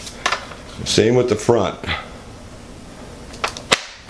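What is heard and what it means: Someone talks while pushing the front piece of a foam Multiplex PC-6 Pilatus RC airplane, the part with the small plastic fitting, into its socket the same way as the previous piece. Short sharp ticks come at about 0.3 s and 3.4 s, and the part seats with a crisp click at 3.7 s.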